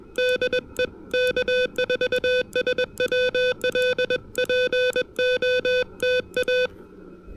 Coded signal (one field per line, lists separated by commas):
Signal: Morse code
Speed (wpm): 21 wpm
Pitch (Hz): 500 Hz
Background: music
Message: DE K4SWL POTA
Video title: POTA at Mount Pisgah: Punching through patchy propagation and dodging dodgy weather!